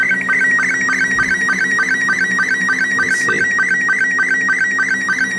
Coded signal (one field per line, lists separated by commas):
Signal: SSTV (slow-scan television)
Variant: Robot 72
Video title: SSTV with Baofeng UV-5R using 2 smart phones and cables